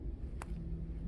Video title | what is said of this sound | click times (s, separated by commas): Creating Values Using Ink | you may have heard the snap now it is definitely closed | 0.4 s